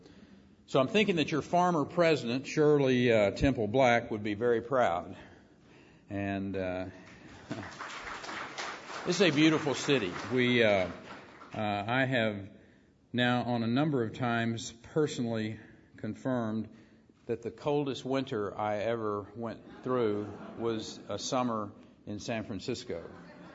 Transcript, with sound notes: so I’m thinking that your former president Shirley Temple Black would be very proud and –
[Applause]
This is a beautiful city. I have now, on a number of times, personally confirmed that the coldest winter I ever went through was a summer in San Francisco.